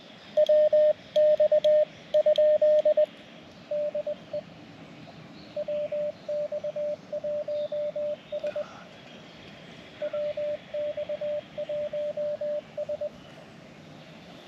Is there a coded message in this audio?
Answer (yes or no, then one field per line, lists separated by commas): yes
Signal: Morse code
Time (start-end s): 0.4-13.1 s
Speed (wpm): 20 wpm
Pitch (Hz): 600 Hz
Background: radio noise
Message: WX? DE WX1S WX1S